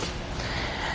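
The green release switch on a Yakima RidgeBack 2-bike hitch rack, fitted to a 2017 Ford Fusion with its anti-rattle cradles folded down, is pulled up to let the metal support arms fold down at the mast pivot. Steady broadband noise runs throughout, with one brief, sharp sound at 0.3 s. The arms have not yet latched into the folded position.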